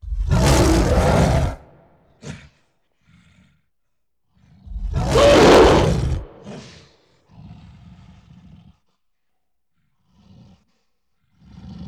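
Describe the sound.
Gorilla roaring: two loud, harsh roars lasting over a second each, with quieter breaths between and after.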